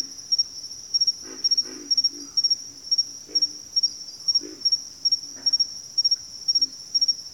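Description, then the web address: Pig frog calling with hoarse low grunts in small clusters, spaced irregularly, beneath a steady shrill pulsed insect trill. Bayou habitat; more than one frog. "Echoes of Nature - Bayou 02 Pig Frogs"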